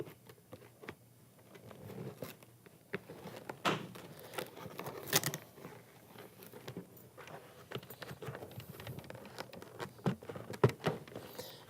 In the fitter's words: once I get those two snaps in place I can then set this cheek pad in the